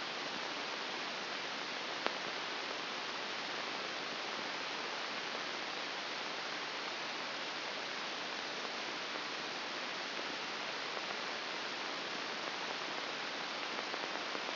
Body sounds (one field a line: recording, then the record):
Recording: brain microelectrode recording played as sound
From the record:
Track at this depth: inside the subthalamic nucleus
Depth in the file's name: 2.1 mm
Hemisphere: left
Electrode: 2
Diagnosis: Parkinson's disease